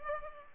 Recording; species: mosquito wingbeat signal from an infrared sensor; Culex pipiens